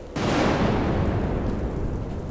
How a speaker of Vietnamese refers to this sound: Tiếng sét rạch ngang bầu trời, xé toạc không gian thâm u.